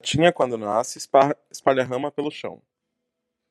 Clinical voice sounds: short text; Brazilian Portuguese; male; 20 to 29 years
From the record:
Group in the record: control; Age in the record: 25 years

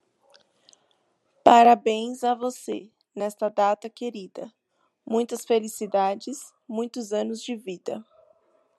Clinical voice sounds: short text; Brazilian Portuguese; female; 20 to 29 years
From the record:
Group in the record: control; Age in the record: 26 years

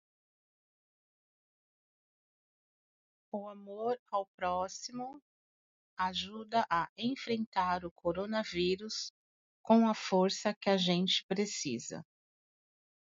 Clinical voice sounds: spoken sentence; Brazilian Portuguese; female; 40 to 49 years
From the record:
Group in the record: control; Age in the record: 45 years

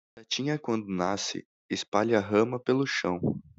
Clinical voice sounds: short text; Brazilian Portuguese; male; 20 to 29 years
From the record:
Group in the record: control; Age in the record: 20 years

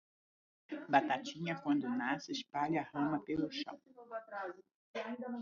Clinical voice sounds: short text; Brazilian Portuguese; female; 60 to 69 years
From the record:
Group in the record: control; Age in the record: 63 years

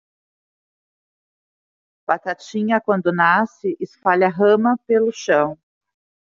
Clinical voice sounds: short text; Brazilian Portuguese; female; 40 to 49 years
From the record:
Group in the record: control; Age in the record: 45 years

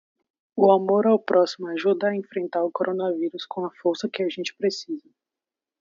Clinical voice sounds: spoken sentence; Brazilian Portuguese; female; 20 to 29 years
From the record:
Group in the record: control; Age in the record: 21 years

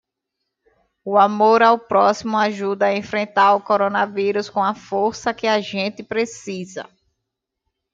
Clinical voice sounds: spoken sentence; Brazilian Portuguese; female; 30 to 39 years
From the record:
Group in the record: control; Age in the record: 37 years

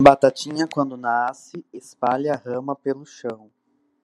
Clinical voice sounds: short text; Brazilian Portuguese; male; 20 to 29 years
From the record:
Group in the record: control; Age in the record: 24 years

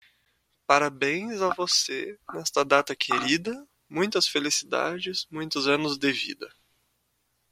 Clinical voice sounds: short text; Brazilian Portuguese; male; 20 to 29 years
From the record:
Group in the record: control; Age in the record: 23 years

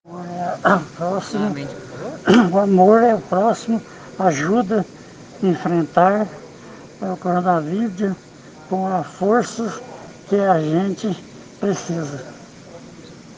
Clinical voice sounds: spoken sentence; Brazilian Portuguese; male; 70 to 79 years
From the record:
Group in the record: respiratory insufficiency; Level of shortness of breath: 5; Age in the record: 70 years

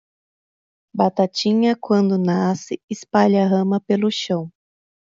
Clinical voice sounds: short text; Brazilian Portuguese; female; 30 to 39 years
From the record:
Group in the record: control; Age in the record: 39 years

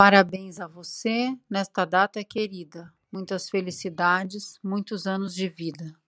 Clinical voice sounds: short text; Brazilian Portuguese; female; 40 to 49 years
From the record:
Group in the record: control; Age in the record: 44 years

